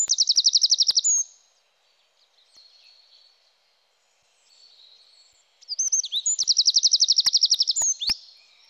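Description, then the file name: Eurasian wren, two bursts of rapid, high, metallic trilling, each about a second or more, separated by a quiet gap with faint thin background notes. "Troglodyte mignon"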